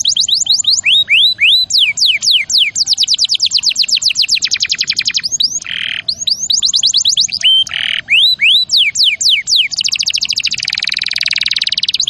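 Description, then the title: Canary in continuous song, with fast whistled sweeps, rolling trills and several short buzzy bursts, varied and unbroken throughout. Champion canary song used as a master recording for training other birds. "Masteran Kenari Juara"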